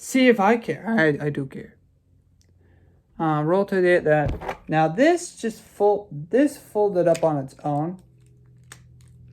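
Someone talks while handling a plastic action figure mid-transformation, working a plastic toy figure part toward its mating joint, with a few faint small ticks near the end. The part has not snapped into place; nothing has seated or clicked yet.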